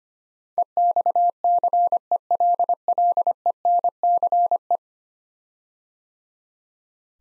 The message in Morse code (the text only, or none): EXCELLENCE